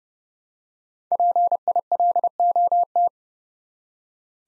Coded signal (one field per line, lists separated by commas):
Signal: Morse code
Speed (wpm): 30 wpm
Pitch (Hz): 700 Hz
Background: none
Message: PILOT